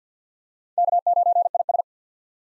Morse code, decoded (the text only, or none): K9IS